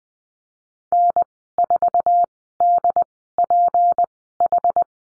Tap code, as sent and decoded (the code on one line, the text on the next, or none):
none